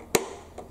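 A blue plastic lift latch used to attach the hose tool on a Bissell ProHeat 2X Revolution Pet Pro carpet cleaner (Model 2007F) is operated. It gives a single sharp snap at 0.15 s with a short decay and a faint softer tap near 0.6 s. The latch snaps in place, seated.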